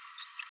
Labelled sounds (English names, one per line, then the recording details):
Green-rumped Parrotlet babbling
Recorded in a nest box in Venezuela
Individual 18B104A3